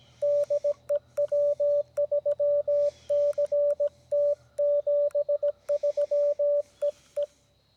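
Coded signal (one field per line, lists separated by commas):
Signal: Morse code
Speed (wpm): 17 wpm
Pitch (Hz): 580 Hz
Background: radio noise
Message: DE W3CT 73 EE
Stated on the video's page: CW copy practice from a portable field station using a Xiegu G90 with an EFHW antenna.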